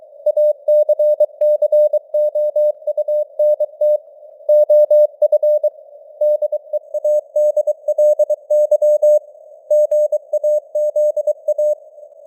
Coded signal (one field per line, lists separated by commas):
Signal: Morse code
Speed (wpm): 23 wpm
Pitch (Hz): 600 Hz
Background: none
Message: ACCOUNT OF DEADLY GAZA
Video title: Morse Code News | 2025-09-27 | 23wpm